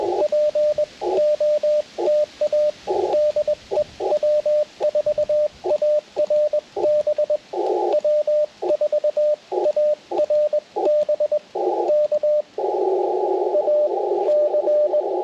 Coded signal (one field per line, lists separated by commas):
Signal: Morse code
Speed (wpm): 20 wpm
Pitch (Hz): 590 Hz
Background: radio noise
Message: POTA DE W4ARB W4ARB K AC